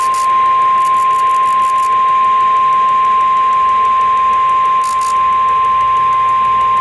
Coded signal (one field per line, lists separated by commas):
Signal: Emergency Alert System (SAME) tones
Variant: 1050 Hz attention tone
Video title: NATIONAL EAS TEST 2023... || EAS Alerts from October 2023 (EAS #2,185-2,215)